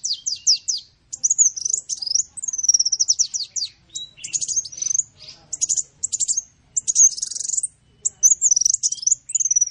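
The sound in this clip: Bird song, a rapid, high chattering twitter with quick trills and squeaky slurred notes, broken by brief pauses.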